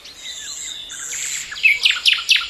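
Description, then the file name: Common nightingale song fragment: a sustained high whistle followed by a few loud, sharp descending chirps in quick succession. "Luscinia megarhynchos"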